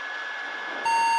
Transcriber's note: beeping